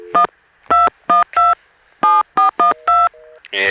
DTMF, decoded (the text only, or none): 1 212 7412